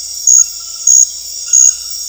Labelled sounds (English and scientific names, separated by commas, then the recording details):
none
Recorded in dense forest near Puerto Asís, Putumayo, Colombia, on 21 February 2024 at 00:30
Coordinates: 0.485, -76.318
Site G6408